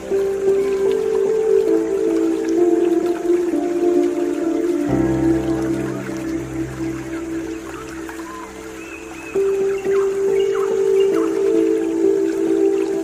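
Long, held pan flute notes float over a steady bed of trickling, dripping water. Around five seconds the melody drops to lower, fuller tones, then returns to the higher sustained note near nine and a half seconds, with the water continuing throughout.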